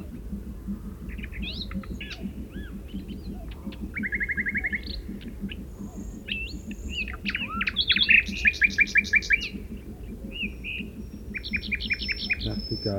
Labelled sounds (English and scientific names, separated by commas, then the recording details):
Common Nightingale (Luscinia megarhynchos) song
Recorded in the wild
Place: Retgendorf, Mecklenburg-Vorpommern, DE
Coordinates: 53.729, 11.504
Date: 1972-06-13 21:00
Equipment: Nagra III BH, Sennheiser MD 21, parabola
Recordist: Schubert, Michael